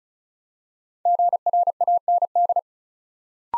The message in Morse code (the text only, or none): GRAND